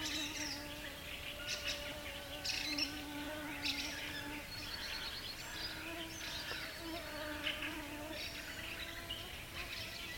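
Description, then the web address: Birds singing together, overlapping bright chirps and trills high in pitch, with a steady low humming drone running beneath throughout. Several birds singing together at dawn in a garden in summer. "multi voiced bird singing at dawn in the summer garden"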